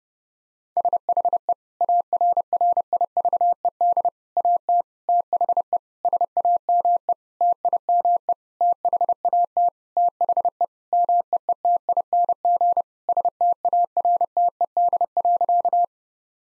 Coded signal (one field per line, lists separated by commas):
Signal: Morse code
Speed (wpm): 30 wpm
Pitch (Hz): 700 Hz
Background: none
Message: SHE ARRIVED AT THE SAME TIME THAT THE MEETING STARTED.